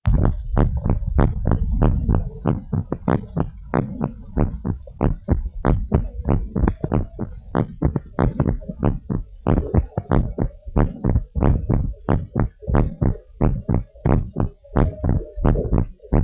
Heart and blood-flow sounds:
heart sounds of a pregnant woman by stethoscope
no fetal heartbeat
From the record:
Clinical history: monitored after previous abortions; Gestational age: 35 weeks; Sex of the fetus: girl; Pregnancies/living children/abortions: 4/1/2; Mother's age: 36 years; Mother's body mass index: 30.9

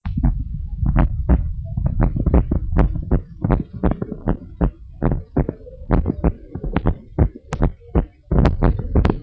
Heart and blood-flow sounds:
heart sounds of a pregnant woman by stethoscope
no fetal heartbeat
From the record:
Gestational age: 39 weeks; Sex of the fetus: girl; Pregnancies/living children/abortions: 1/0/0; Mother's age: 21 years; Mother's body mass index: 22.2

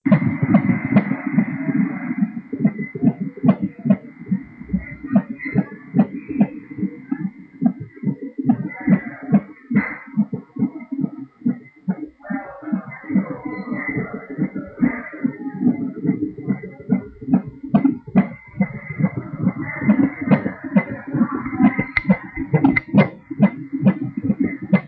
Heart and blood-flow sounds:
fetal heart sounds by stethoscope on the mother's abdomen
0.00-10.00 s: 143 bpm
10.00-20.00 s: 144 bpm
20.00-24.88 s: 146 bpm
From the record:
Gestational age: 37 weeks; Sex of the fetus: boy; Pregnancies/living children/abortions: 2/1/0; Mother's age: 31 years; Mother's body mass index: 38.7

